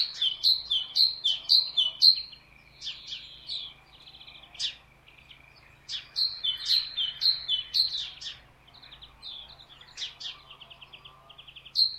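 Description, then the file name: Great tit song with long runs of bright see-saw two-note phrases, repeated steadily, broken by short high chirps. "Parus major"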